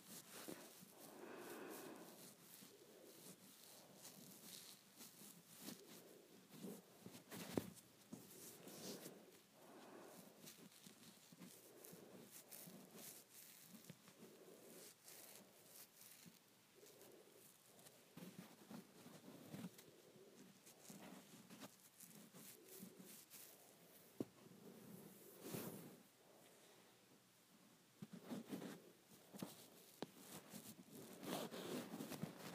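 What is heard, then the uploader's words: Hair being played with, heard as soft, dense rustling and scratchy crackles that come in uneven strokes throughout. Brighter crisp bursts stand out around 8, 20 and 25 seconds, with a brief quieter pause near 26 seconds. ASMR Playing with my Hair.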